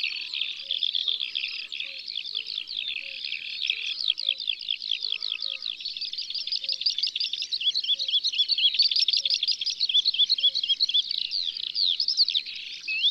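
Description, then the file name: Eurasian skylark song, an unbroken stream of high rapid chirping notes and trills, faint soft low notes repeating regularly beneath it. Sung in the countryside. "Alouette des champs Chants doiseaux dans la campagne"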